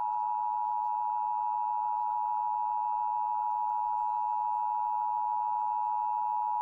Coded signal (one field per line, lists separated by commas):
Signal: Emergency Alert System (SAME) tones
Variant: 853 and 960 Hz attention tone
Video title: EAS During Odd Squad (7-5-23 KSMQ-DT1) (No EAS Text Scroll)